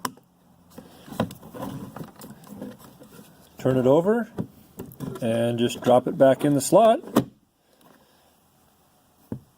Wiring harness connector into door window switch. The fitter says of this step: plug the big connector in, and you can hear it snap when it seats in all the way.